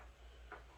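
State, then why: Not seated. A night vision mount arm on a helmet mount is slid back to adjust its position, with a low steady hum underneath and one brief, sharp midrange tap around 0.5 s. Nothing has seated or clicked into place yet.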